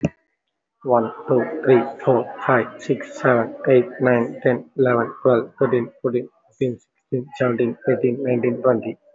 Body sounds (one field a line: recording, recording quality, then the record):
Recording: counting at a fast pace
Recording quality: excellent, no background noise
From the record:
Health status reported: respiratory illness, not identified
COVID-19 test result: negative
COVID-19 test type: RT-PCR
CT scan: taken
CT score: 0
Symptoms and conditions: another respiratory illness, another condition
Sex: male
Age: 19 years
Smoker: no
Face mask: worn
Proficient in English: yes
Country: India